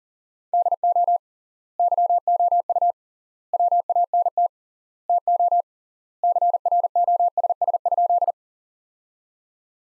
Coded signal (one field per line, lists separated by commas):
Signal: Morse code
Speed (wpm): 40 wpm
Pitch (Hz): 700 Hz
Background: none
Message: DO YOU WANT TO CROSS?